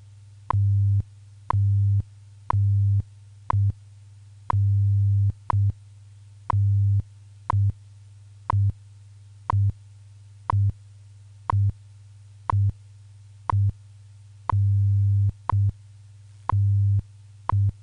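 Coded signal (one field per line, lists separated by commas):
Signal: radio time signal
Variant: WWV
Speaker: this is radio station WWV Fort Collins Colorado broadcasting on internationally allocated standard carrier frequencies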